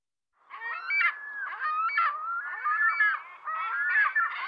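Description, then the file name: Ring-billed gull calling, a nearly continuous run of harsh, wavering mewing cries. "Digiffects Sound Effects Library - Ring-Billed Gull Call"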